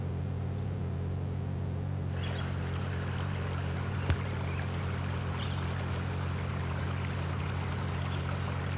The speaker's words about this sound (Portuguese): Olha o riacho aí do Cid de Poção, ó. Ó, que barulho bom, gente. Ó, que barulho gostoso de se ouvir, ó. Escuta aí, ó. Ó, o barulho das águas. Ó, a alegria dos pássaros, ó.